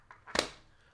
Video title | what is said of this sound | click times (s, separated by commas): WORTH $80?? - Magbak Elite for iPhone 17 Pro Max/Air | Pretty solid click onto there. | 0.4 s